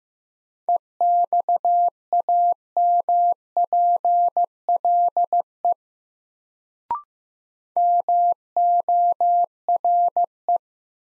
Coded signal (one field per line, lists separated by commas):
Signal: Morse code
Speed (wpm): 15 wpm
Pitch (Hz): 700 Hz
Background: none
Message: EXAMPLE MORE